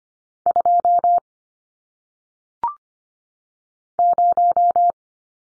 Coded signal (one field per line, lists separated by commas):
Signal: Morse code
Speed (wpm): 25 wpm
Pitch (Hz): 700 Hz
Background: none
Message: 2 0